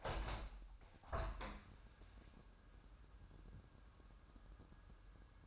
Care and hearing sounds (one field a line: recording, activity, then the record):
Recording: daily activity, microphone in the room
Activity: open window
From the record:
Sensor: 2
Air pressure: 997.9 hPa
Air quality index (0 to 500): 142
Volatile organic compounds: 4 ppm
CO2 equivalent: 1600 ppm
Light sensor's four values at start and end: 10/30/12/12 and 10/30/12/12